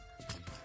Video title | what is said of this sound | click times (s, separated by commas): Mech Fans Toys MF 51 Rebels (G1 ORION PAX) Review! "That's Just Prime!" Ep 199! | extend the legs and these are going to actually snap into place there | 0.3 s